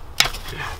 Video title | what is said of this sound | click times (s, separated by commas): Show Car Goes Racecar !! Test Pipe Install | Oh! It cracked, dude. Sorry, bro. That's just stripped now. | 0.2 s